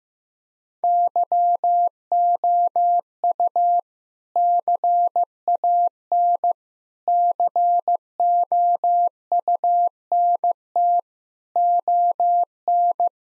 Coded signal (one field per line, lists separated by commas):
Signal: Morse code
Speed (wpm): 15 wpm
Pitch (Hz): 700 Hz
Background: none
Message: YOU CAN COUNT ON